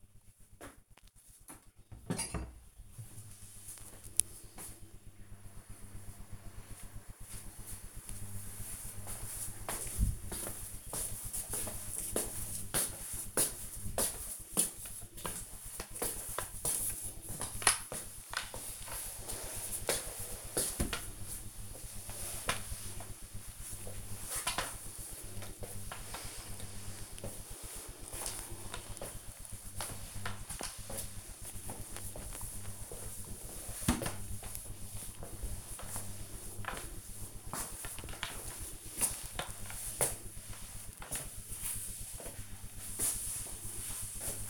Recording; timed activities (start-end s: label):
household activities, microphone on the right wrist
14.07-44.50 s: floor cleaning